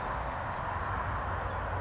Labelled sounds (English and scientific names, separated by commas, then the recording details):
California Towhee (Melozone crissalis)
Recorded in Sonoma County, California